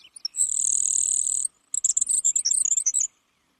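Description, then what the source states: Grasshopper sparrow song: a few faint ticks, then a long, thin, very high insect-like buzz lasting about a second, followed by a rapid run of sputtering high notes. Song described as so buzzy that it is easily mistaken for an insect.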